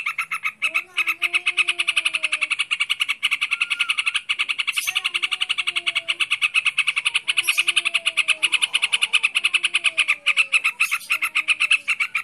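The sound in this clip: Bird chattering song, a continuous fast train of high buzzy pulses, with occasional lower drawn-out sliding notes beneath it.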